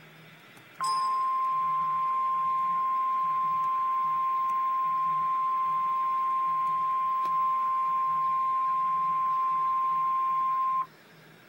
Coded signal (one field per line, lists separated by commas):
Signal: Emergency Alert System (SAME) tones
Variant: 1050 Hz attention tone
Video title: REAL EAS 779-Severe thunderstorm warning